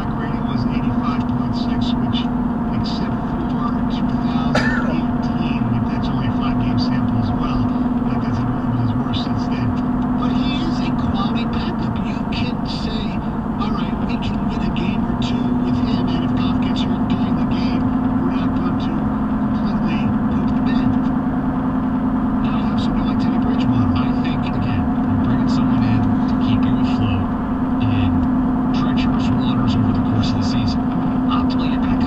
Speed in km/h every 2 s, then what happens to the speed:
84, 84, 84, 85, 85, 82, 81, 85, 89, 89, 87, 87, 87, 85, 87, 89.
0-12 steady at about 84. 12-16 speeds up to 89. 16-32 steady at about 87.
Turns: none.